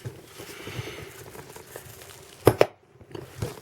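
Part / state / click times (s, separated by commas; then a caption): torque wrench tightening a bolt on the motorcycle engine head / torque reached / 2.5 s, 2.6 s. A torque wrench, turned around for better leverage, tightens a bolt on the engine head of a Sachs Madass pit bike during an OO Racing cam installation. After low rustling and handling noise, the wrench gives a sharp double click at 2.5 s and 2.6 s, followed by quieter taps. The wrench has reached its set torque.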